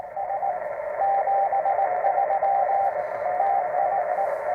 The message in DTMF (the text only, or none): none